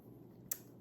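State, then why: Released. A sunglass lens is pressed out of a plastic sport frame with the fingers, pushing through a microfiber cloth on the back of the lens. Over a low background hum, one sharp, bright pop is heard at 0.5 s as the lens releases from the frame.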